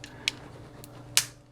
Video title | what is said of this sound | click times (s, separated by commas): Bandai B-Wing: Part 1 | we go hear that click I love that click the band I click it | 1.2 s